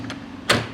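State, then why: Seated. A window lock, a metal latch on the plastic frame of a UPVC sliding window, is operated by hand. A faint tick sounds at 0.1 s, then a sharp click at 0.5 s as the lock latches shut.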